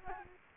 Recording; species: mosquito wingbeat signal from an infrared sensor; Aedes albopictus